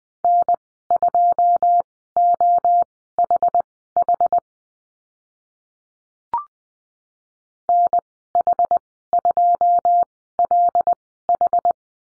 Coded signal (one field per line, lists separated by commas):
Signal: Morse code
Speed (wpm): 20 wpm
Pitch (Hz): 700 Hz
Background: none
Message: N2OHH NH2LH